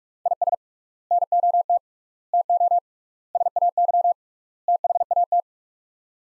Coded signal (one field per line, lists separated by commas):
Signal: Morse code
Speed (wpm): 42 wpm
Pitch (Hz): 700 Hz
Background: none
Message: IS NOT TO SAY THAT